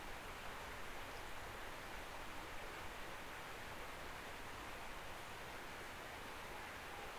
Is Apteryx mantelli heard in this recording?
no